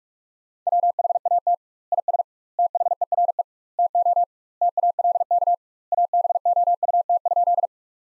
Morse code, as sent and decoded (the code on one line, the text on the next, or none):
.-- .... .- - / .. ... / - .... . .-. . / - --- / - .- .-.. -.- / .- -... --- ..- - ..--..
WHAT IS THERE TO TALK ABOUT?